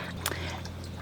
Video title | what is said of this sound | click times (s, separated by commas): Mid-May Container Garden + Dahlia & Tomato Planter, Aphid Infestation (yikes!) | and um I've assembled the trellis and it just snaps right in | 0.3 s